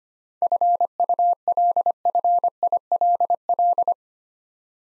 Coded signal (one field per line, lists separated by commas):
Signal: Morse code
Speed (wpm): 25 wpm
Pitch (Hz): 700 Hz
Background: none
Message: FULFILL